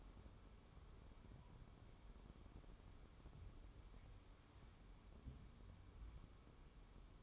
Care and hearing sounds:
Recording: daily activity, microphone in the room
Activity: wipe stove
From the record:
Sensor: 1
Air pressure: 1015.1 hPa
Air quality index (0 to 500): 60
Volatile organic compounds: 1 ppm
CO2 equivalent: 763 ppm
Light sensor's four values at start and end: 14/32/13/15 and 14/32/13/15

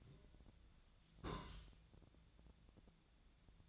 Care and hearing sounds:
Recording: daily activity, microphone in the room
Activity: place on stove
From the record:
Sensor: 3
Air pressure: 1009.9 hPa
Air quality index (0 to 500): 188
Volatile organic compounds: 14 ppm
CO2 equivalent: 2451 ppm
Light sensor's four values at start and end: 42/103/44/48 and 42/103/44/48

